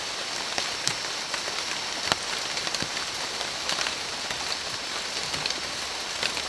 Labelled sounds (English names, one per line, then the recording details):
none
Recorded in secondary vegetation near Puerto Asís, Putumayo, Colombia, on 30 June 2025 at 16:00
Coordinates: 0.499, -76.323
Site G077